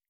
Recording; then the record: hydrophone in a shrimp aquaculture tank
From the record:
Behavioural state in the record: stressed